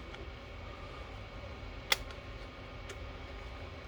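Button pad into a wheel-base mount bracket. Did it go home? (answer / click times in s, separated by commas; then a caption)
yes / 1.9 s. A Stream Deck button pad is slid into the grooves of a plastic Cromulent Designs mount bracket on the left side of a rig's wheel base (for Podium DD1, DD2 and CSL DD bases) and snaps into place with one sharp click at 1.9 s. Faint ticks at 0.1 s and 3.9 s sit over a steady low hum. The pad is seated in the mount.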